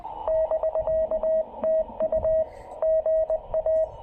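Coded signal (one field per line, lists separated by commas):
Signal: Morse code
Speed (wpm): 20 wpm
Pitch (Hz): 640 Hz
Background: radio noise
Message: <BK>TU GA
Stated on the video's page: Morse from a QRP POTA park activation using a Yaesu FT-818ND with a JNCRadio CS-818 ATU and an MPAS 2.0 antenna.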